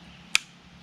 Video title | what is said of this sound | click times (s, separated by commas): Camillus vs Fiskars Product Review! | and it locks in place | 0.4 s